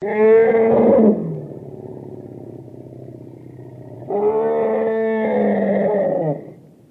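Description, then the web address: Asian elephant trumpeting: a loud, brassy blast, a lower rumbling stretch, then a second long, harsh blast that fades away. Indian elephant trumpeting. "SFXSource AOS Elephant Trumpet Indian Three"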